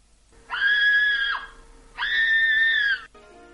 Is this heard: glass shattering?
no